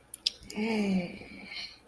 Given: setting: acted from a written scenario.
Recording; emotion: vocal sound without words; sympathy